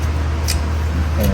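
On a 2009–2024 Nissan Murano, a small release tab on the old wiper blade is pushed up, and the blade frees from the windshield wiper arm with a sharp click at 0.5 s. A steady low rumble runs underneath, and someone talks briefly. The old blade is released from the arm.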